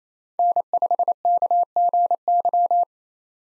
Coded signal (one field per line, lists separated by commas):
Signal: Morse code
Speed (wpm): 28 wpm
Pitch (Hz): 700 Hz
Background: none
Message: N5KGY